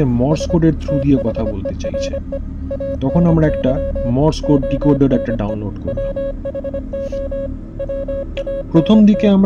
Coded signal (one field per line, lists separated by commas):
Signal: Morse code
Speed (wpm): 25 wpm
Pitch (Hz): 550 Hz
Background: speech, music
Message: S THERE ANY ONE WHO WANT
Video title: MORSE CODE | FROM THE OTHER SIDE | DETECTIVES OF SUPERNATURAL